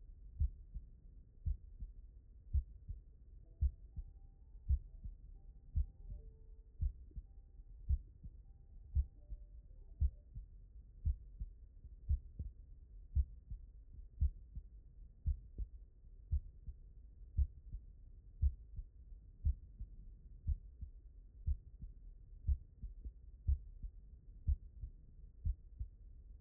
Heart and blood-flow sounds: heart sounds by stethoscope; mitral valve (MV)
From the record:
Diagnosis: non-HFrEF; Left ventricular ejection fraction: 72%

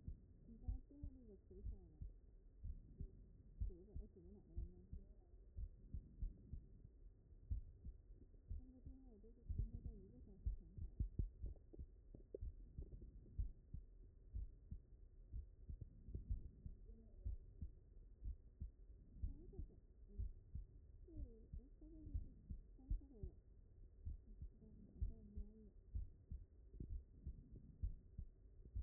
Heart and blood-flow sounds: heart sounds by stethoscope; mitral valve (MV)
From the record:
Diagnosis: non-HFrEF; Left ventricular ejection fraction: 69%

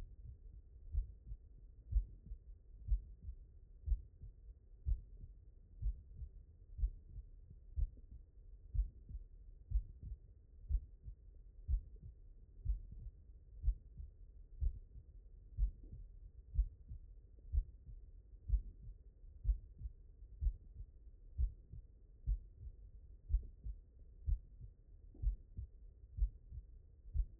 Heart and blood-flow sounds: heart sounds by stethoscope; mitral valve (MV)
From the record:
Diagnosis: non-HFrEF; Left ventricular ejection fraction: 66%

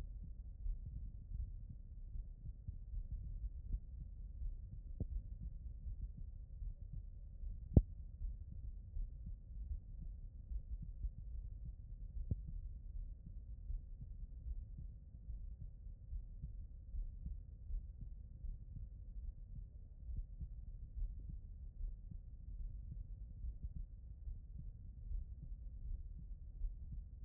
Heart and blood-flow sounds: heart sounds by stethoscope; aortic valve (AV)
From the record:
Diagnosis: non-HFrEF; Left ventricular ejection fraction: 55%

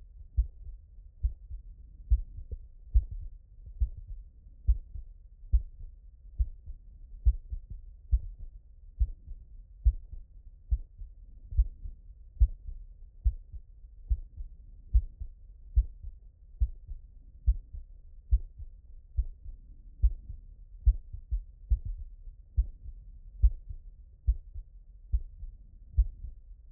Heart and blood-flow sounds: heart sounds by stethoscope; mitral valve (MV)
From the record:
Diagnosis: non-HFrEF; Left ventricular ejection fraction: 55%

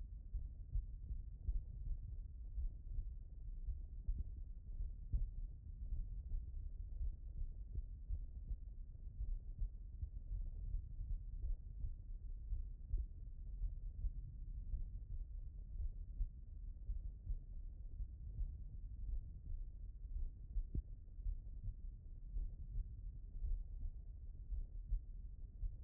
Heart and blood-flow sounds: heart sounds by stethoscope; pulmonary valve (PV)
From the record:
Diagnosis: non-HFrEF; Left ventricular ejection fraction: 75%

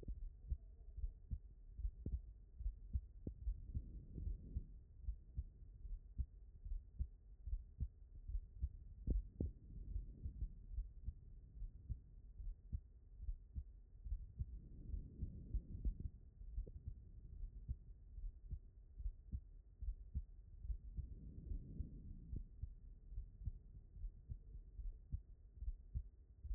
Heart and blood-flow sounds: heart sounds by stethoscope; pulmonary valve (PV)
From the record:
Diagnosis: non-HFrEF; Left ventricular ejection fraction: 58%

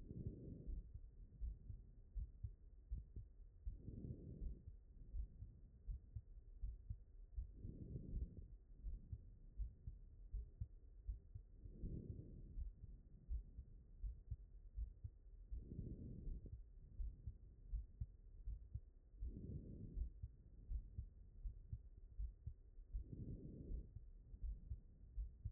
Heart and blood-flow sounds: heart sounds by stethoscope; mitral valve (MV)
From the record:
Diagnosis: non-HFrEF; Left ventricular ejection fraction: 67%

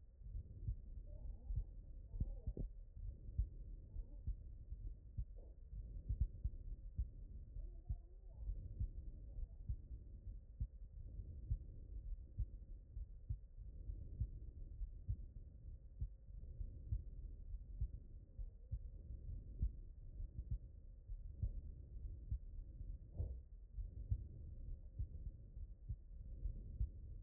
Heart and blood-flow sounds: heart sounds by stethoscope; aortic valve (AV)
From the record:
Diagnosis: non-HFrEF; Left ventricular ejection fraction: 66%

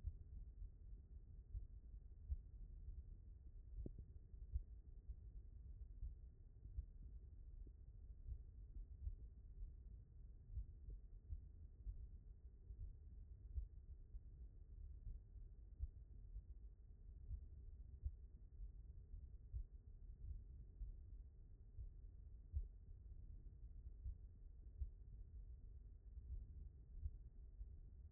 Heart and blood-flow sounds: heart sounds by stethoscope; aortic valve (AV)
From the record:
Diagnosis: non-HFrEF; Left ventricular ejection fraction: 62%

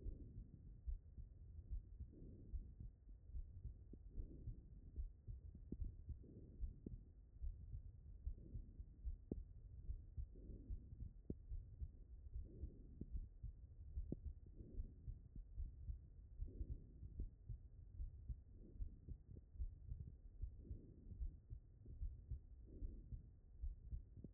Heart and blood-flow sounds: heart sounds by stethoscope; aortic valve (AV)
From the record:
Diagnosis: non-HFrEF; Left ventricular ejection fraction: 60%

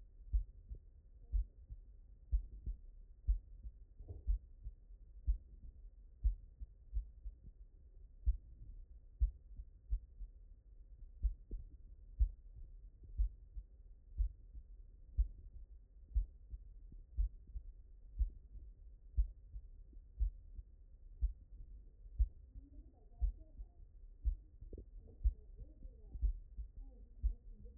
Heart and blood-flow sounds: heart sounds by stethoscope; mitral valve (MV)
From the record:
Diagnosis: non-HFrEF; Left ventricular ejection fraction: 71%

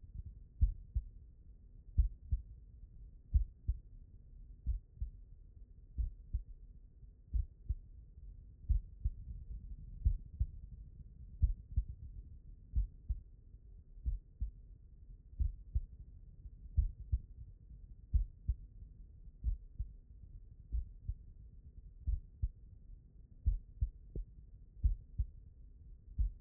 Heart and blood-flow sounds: heart sounds by stethoscope; mitral valve (MV)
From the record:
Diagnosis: non-HFrEF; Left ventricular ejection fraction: 72%

